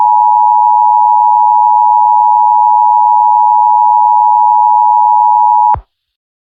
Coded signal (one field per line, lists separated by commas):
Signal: Emergency Alert System (SAME) tones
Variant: 853 and 960 Hz attention tone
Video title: EAS Scenario: Smasher Purification Order 2: Alicorn Strikes